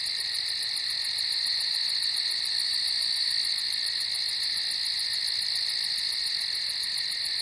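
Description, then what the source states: Crickets chorus continuously, a bright ringing shrill with rapid, even pulses and no pauses. Crickets at night on a farm.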